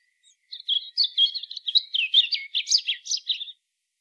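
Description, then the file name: European robin delivers a single three-second phrase of quick, high, liquid notes, several sliding downward near the end. "Erithacus rubecula"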